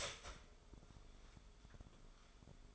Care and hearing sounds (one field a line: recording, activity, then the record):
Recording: daily activity, microphone in the room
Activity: start toaster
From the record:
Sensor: 5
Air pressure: 1014.8 hPa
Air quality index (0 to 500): 206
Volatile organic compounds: 9 ppm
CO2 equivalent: 2193 ppm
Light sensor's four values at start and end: 13/31/12/11 and 13/31/12/11